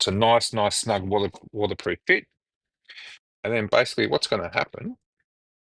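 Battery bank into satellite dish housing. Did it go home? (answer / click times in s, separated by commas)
no / none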